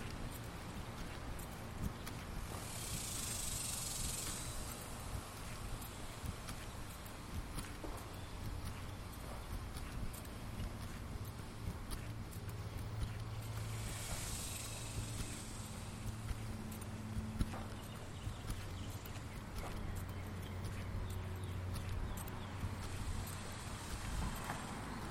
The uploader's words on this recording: The sounds of my daily lunchtime walk around the neighborhood.